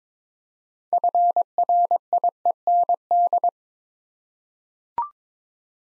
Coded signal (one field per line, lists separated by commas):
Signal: Morse code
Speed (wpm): 22 wpm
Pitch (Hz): 700 Hz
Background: none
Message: FRIEND